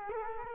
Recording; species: mosquito wingbeat signal from an infrared sensor; Culex quinquefasciatus